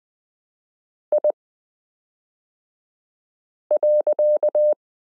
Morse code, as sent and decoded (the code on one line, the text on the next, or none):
.. .-.-.-
I.